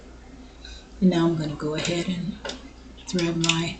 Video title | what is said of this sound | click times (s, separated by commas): Sew Fabulous (TM) | and then place it inside your bobin case till you hear it click | 0.6 s